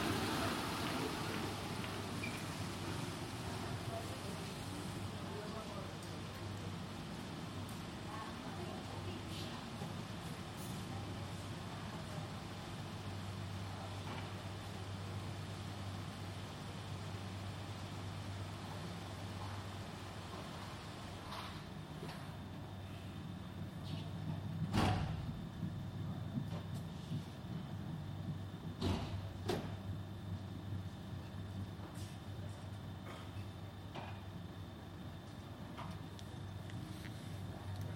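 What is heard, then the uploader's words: An underground parking garage hums with a steady low drone of machinery or traffic that runs through the whole recording. Scattered clicks, knocks and short thuds break in now and then, with a sharp bang near 25 seconds and more knocks around 29 seconds. Underground parking garage The Hague. The sound of a medium-sized underground parking garage.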